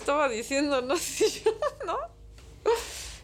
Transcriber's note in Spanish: risas